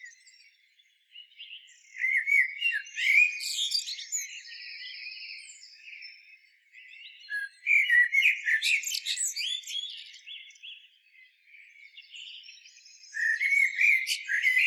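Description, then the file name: Common blackbird song: three mellow warbled phrases, each low fluted notes that break into a high squeaky twitter, separated by quiet gaps. "Turdus merula"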